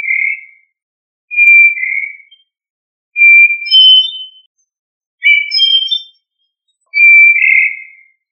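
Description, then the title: Thrush song with loud, clear whistled phrases separated by short pauses, some flat and sustained, others broken into quick varied notes. No other sounds are present. "Familia Turdidae - Sabia"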